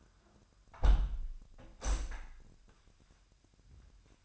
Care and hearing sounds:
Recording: daily activity, microphone in the room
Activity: close window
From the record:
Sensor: 2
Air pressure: 997.8 hPa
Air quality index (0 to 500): 131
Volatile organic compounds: 3 ppm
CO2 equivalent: 1481 ppm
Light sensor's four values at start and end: 11/32/13/12 and 11/32/13/12

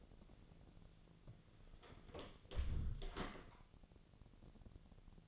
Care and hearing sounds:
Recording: daily activity, microphone in the room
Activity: close door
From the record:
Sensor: 4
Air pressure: 1001.2 hPa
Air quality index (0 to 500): 184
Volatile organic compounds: 2 ppm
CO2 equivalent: 1313 ppm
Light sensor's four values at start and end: 15/35/14/15 and 17/40/16/17

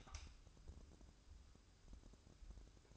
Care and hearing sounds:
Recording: daily activity, microphone in the room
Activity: light on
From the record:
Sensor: 2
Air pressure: 1007.7 hPa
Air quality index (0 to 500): 91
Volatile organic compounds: 1 ppm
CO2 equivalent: 694 ppm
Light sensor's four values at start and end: 7/16/7/7 and 12/34/13/13

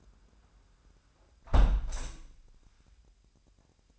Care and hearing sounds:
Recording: daily activity, microphone in the room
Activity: close window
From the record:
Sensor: 2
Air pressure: 998.4 hPa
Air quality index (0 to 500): 134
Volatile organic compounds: 3 ppm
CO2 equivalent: 1519 ppm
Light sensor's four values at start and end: 7/16/7/7 and 7/16/6/7

